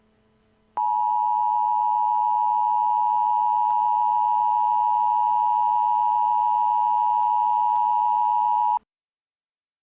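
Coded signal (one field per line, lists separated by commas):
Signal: Emergency Alert System (SAME) tones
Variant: 853 and 960 Hz attention tone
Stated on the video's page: Fictional containment-breach scenario alert.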